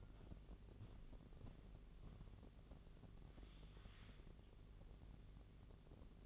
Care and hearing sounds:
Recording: daily activity, microphone in the room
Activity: walk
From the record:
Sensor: 4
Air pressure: 1013.0 hPa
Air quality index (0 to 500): 177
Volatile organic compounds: 2 ppm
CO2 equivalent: 1120 ppm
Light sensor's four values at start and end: 71/175/74/79 and 68/169/72/76

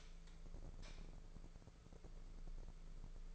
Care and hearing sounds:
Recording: daily activity, microphone in the room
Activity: light on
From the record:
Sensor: 5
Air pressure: 1014.8 hPa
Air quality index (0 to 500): 169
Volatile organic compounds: 6 ppm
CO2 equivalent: 1862 ppm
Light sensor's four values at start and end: 118/280/120/132 and 119/285/122/134

